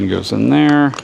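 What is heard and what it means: A small metal cap on a 15k-capacity Aluma-Tow 360 trailer hitch assembly is handled and pushed toward place while someone talks. Nothing has seated or clicked yet.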